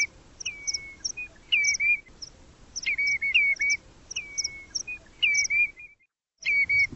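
Bird song: repeated phrases of short high chips followed by a sharp downslurred whistle and a flat tone, with brief pauses between phrases.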